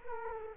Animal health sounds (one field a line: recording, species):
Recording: mosquito wingbeat signal from an infrared sensor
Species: Culex quinquefasciatus